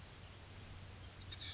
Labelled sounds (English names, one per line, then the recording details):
Oak Titmouse
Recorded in Sonoma County, California